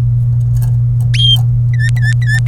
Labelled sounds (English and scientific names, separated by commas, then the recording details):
Domestic Canary (Serinus canaria) song
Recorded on 27 April 2018 at 14:16
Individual llb3